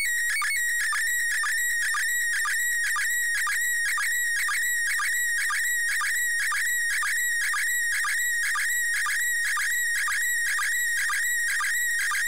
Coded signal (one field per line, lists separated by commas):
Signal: SSTV (slow-scan television)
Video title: IK8XLD - ISS SSTV 28.10.18